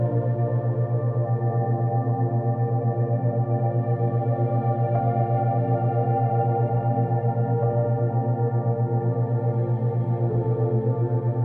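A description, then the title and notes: A steady, low binaural-beat drone pulses with a fast, even throb that never lets up. Layered sustained tones sit mostly in the low and middle range, with a faint bright shimmer above, and a few soft clicks appear around five, eight and ten seconds. Relaxing Theta Wave Binaural Beats.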